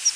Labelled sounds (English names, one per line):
Palm Warbler flight call